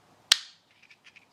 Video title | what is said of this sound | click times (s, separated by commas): replacing headlight wiring MK 4 VW GTI and golf | bit of finagling snaps | 0.3 s